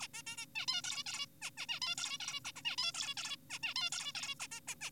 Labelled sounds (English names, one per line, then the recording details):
Zebra Finch
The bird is an adult
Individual g4p5U